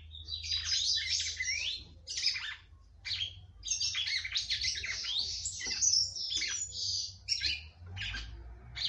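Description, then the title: Red-cowled cardinal song: dense, rapid bursts of chirpy, warbled notes with short gaps between phrases, over a steady low hum. "Galo De Campina"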